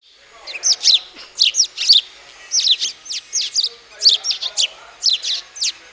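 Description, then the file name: House sparrow chirping, sharp high chirps in quick bursts of two to four notes with short pauses between. "Passer domesticus"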